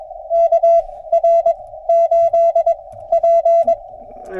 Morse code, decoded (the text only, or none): KR8P